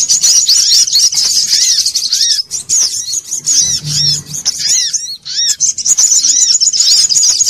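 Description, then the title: Little spiderhunter song: a long, unbroken stream of high-pitched rapid chattering with repeated arched notes; a low hum appears briefly mid-way. Bird-training (masteran) song. "Masteran Burung Sogok Ontong Labaik"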